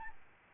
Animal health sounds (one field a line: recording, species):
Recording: mosquito wingbeat signal from an infrared sensor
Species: Aedes albopictus